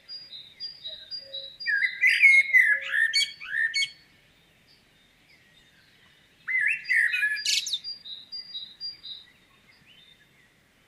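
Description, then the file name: Common blackbird giving two warbled song phrases with squeaky high finishes, separated by a pause, with thin, high repeated notes in the background. "Turdus merula"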